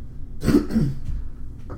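Two or three short, rough bursts follow each other within about a second, sounding like a brief cough or throat clearing from an adult. They are isolated and unforced, with quiet room tone before and after and no wheeze or strain.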